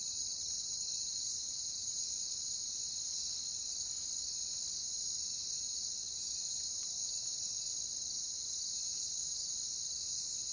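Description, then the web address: Crickets in a high, continuous trilling chorus. The sound is loud at first, then steps down to a quieter, even level and swells again at the close. Jungle setting. "Pre-Uni Library Natures Songs Nature Sounds The Natural Sounds of the Wilderness 10 CDs collection Echoes of Nature - Jungle Talk Crickets"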